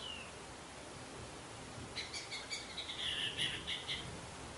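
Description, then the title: Orange-headed thrush song, rather faint over a hissy background: a brief high note, then a twittering phrase of repeated high notes in the second half. "Anis Merah"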